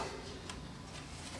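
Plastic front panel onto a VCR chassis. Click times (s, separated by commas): 0.5 s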